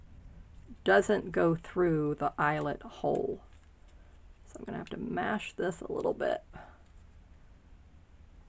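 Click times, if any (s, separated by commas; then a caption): none. A hinged metal binder ring is handled while being threaded through the eyelet holes of an ATC card book, its thick end squeezed because it won't pass through the eyelet hole. Someone talks throughout over a quiet background. The ring has not yet snapped closed, and nothing has seated or clicked.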